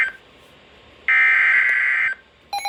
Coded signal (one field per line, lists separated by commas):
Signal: Emergency Alert System (SAME) tones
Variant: header bursts